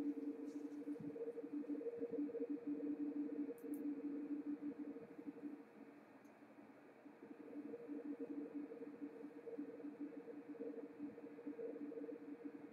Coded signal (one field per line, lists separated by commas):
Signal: RTTY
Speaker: uh Translating that signal you hear in the background you can also see it on the pan adapter